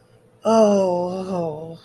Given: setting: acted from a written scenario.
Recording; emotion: vocal sound without words; ecstasy